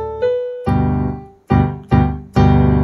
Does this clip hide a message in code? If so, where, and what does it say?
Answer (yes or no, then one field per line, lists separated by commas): no